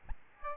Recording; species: mosquito wingbeat signal from an infrared sensor; Aedes albopictus